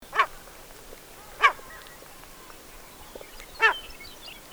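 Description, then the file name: Willow tit uttering short nasal, rasping notes, three unevenly spaced calls over a few seconds with a fourth starting at the end. "Vittrut"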